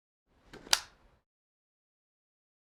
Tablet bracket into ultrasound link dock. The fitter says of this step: You will hear a click. That means it's locked in there and won't come out without unlocking it.